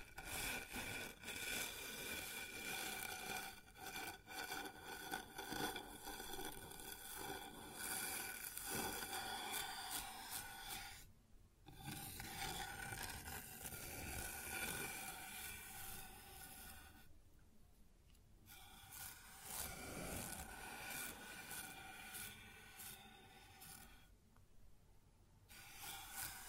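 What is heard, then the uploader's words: Rough scraping and rubbing on a wooden surface, a dense rasping texture that runs almost without a break. Strokes come in quick, uneven bursts with sharp ticks, and the sound briefly drops out around 11, 17 and 24 seconds. ASMR Sounds on Wooden Surface (No Talking).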